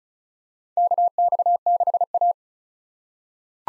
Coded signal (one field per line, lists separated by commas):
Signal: Morse code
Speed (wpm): 34 wpm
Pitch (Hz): 700 Hz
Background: none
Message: KX6A